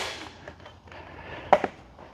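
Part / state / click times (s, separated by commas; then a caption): tabbed plastic trim cover into motorcycle tail section / seated / 1.5 s. A tabbed plastic trim cover on the tail section of a Suzuki GSX-S1000GT / GT+ motorcycle, with its two tabs tucked underneath, is pressed down side to side during a luggage rack and passenger backrest installation. After faint handling noise, a sharp snap at 1.5 s is followed by a quieter click at 1.6 s. The cover is seated in position.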